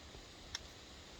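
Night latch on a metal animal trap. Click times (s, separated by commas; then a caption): 0.5 s. The night latch on a metal animal trap is set during a trapping class demonstration, giving a single sharp, bright click at 0.6 s against a steady low background hiss. The latch clicks into place and is seated.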